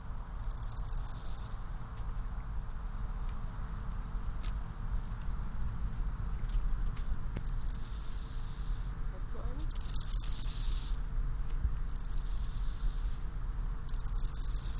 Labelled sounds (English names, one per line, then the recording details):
Steppe Grasshopper stridulation
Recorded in the wild
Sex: male
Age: imago
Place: Mühlenbeck, Brandenburg, DE
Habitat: Feuchtwiese
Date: 1997-08-31 16:46
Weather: 24°C, sonnig
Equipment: Sony MD-WM MZ-R3, Sennheiser ME 80, K 30 AV, Kopie Uher 4000 Report Monitor
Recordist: Tembrock, Günter
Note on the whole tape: Stridulation zweier Männchen. Feuchte Waldwiese bei Summt